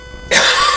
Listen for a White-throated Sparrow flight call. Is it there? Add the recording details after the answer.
no. No flight call is heard. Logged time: 01:36 on 3 September 2014